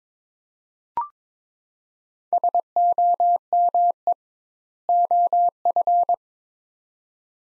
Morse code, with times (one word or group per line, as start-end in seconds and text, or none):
2.3-4.1 SOME
4.9-6.1 OF